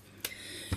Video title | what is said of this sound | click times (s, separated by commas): Copic Airbrush. My thoughts and tips and how to use your Ciao markers with it. | and you place it inside here and it will click into place | 0.2 s